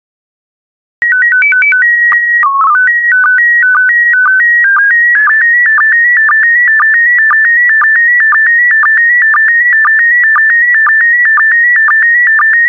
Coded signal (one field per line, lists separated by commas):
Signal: SSTV (slow-scan television)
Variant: PD 120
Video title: 56009 Sacred Places SSTV PD120